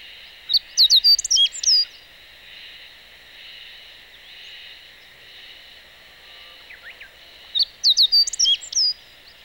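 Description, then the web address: Meadow bunting song, two short phrases of bright, high, rapid chirped notes separated by about six seconds of quiet with steady hiss. Recorded 11 May 2018 during a bird-watching club outing. "chikushishou bird watching club 2018 5 11 hoojiro"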